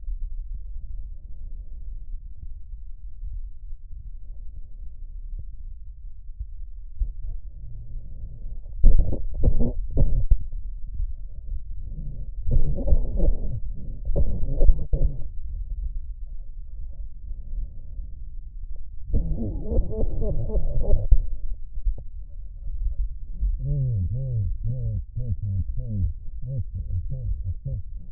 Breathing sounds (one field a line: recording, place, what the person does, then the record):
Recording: lung sounds by stethoscope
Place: left posterior apical chest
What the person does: quiet breathing, then cough and speech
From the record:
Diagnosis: pulmonary infection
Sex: male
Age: 74 years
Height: 171 cm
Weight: 80 kg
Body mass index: 27.4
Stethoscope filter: extended mode